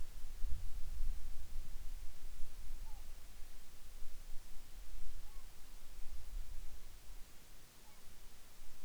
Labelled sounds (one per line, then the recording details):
near silence
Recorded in the Arctic National Wildlife Refuge, Alaska, on 10 July 2019 at 18:35
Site 44